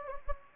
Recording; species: mosquito wingbeat signal from an infrared sensor; Anopheles gambiae